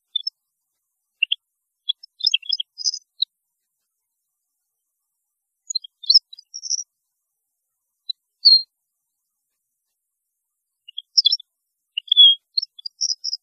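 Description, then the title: Goldfinch song in scattered short bursts of high twittering notes with long silent gaps, sparse and broken rather than continuous. "Chant Chardonneret"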